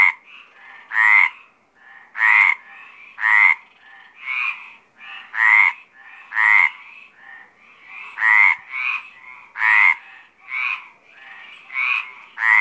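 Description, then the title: Mediterranean tree frogs croaking: a series of loud, harsh rasping notes, with fainter croaks between them. Mediterranean tree frogs calling at Apt, Vaucluse, in April 2010. "Sylvain Jaskowiak - Animus. Rainettes méridionales - Apt, Vaucluse - avril 2010"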